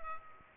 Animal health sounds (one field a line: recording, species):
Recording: mosquito wingbeat signal from an infrared sensor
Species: Culex pipiens